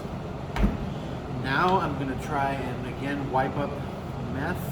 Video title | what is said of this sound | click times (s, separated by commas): Spraying walls with Annie Sloan Wall Paint using my Graco paint sprayer | turning that until it clicks | 0.6 s